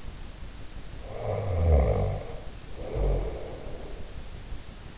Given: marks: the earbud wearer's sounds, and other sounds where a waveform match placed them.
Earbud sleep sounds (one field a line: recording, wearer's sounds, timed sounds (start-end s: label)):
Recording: sounds in sleep by an in-ear microphone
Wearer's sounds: snoring breath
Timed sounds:
0.92-4.26 s: snoring breath